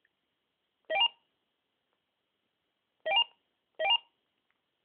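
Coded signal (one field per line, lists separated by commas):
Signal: none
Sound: radio roger beep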